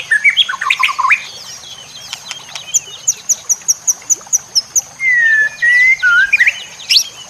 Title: MASTERAN MURAI BATU LABAIK